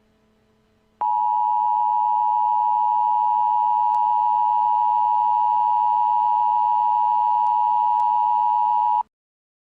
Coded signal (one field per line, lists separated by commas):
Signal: Emergency Alert System (SAME) tones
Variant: 853 and 960 Hz attention tone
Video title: Little Einsteins.exe 2: The Final exe War (an EAS Scenario)